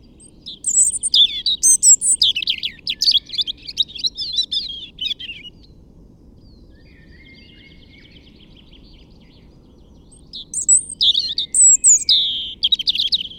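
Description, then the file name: European robin song in two bursts of fluting, jangling high notes and rapid trills, with a faint thin warble in the pause between them and a low background hum. "Erithacus rubecula"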